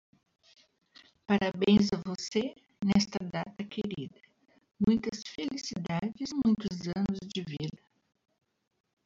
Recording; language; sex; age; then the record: short text; Brazilian Portuguese; female; 60 to 69 years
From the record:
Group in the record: control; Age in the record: 65 years